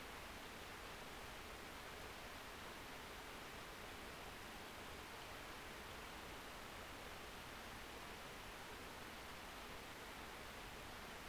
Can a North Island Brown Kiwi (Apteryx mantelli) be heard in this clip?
no